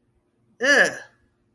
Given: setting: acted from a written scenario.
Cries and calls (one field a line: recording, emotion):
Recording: vocal sound without words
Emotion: disgust